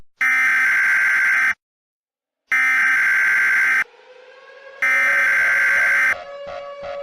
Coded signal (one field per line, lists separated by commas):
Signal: Emergency Alert System (SAME) tones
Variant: header bursts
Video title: EAS Scenario: Cailou The Killer